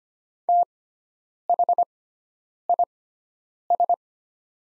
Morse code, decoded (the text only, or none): THIS